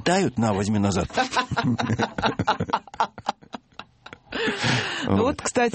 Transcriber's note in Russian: все смеются